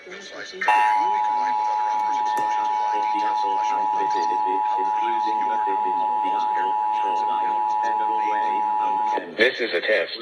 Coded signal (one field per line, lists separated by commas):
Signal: Emergency Alert System (SAME) tones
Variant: 853 and 960 Hz attention tone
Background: speech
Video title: Washington State EOC Required Monthly Test EAS(4-10-2021)